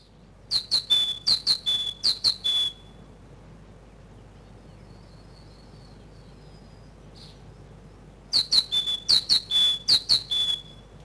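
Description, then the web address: Great tit singing bright see-saw whistled pairs in a quick series, falling silent for several seconds, then repeating the same ringing phrase series. Recorded in spring. "vremena vesna 21 sinica bolshaja"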